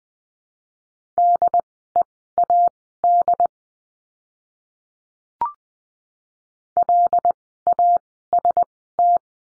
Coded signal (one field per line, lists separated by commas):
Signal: Morse code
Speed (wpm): 20 wpm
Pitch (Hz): 700 Hz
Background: none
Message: DEAD LAST